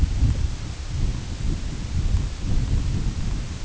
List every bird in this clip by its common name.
none